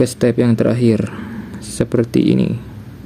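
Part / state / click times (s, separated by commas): helmet chin strap end into its snap fastener / not seated / none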